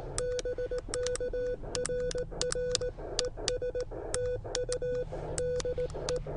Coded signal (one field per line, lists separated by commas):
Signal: Morse code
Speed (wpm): 18 wpm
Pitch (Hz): 500 Hz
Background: none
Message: BK RR ES TU DE